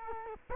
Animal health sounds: mosquito wingbeat signal from an infrared sensor; Culex quinquefasciatus

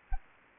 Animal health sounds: mosquito wingbeat signal from an infrared sensor; Anopheles gambiae

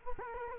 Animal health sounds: mosquito wingbeat signal from an infrared sensor; Culex quinquefasciatus

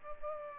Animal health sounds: mosquito wingbeat signal from an infrared sensor; Culex pipiens

